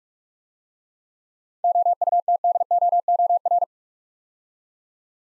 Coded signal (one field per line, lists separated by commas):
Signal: Morse code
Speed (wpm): 43 wpm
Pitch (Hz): 700 Hz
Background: none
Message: OUTDOOR